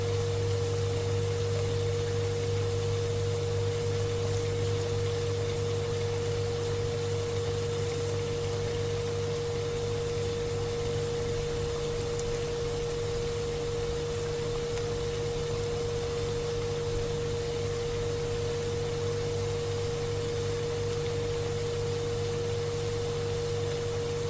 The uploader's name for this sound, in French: Bruits de la cuisine